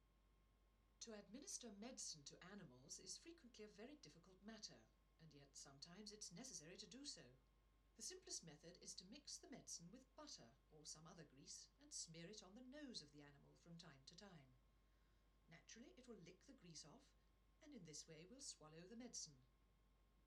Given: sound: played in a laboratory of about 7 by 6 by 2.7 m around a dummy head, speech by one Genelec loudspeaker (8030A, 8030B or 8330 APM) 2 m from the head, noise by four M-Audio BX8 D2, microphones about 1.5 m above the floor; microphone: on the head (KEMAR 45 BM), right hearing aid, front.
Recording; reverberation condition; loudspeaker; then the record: female speech in English; low; 30 degrees to the right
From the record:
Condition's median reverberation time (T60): about 310 ms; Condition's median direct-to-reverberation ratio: about 3.5 dB